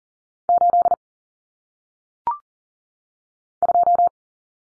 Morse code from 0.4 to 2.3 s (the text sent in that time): 8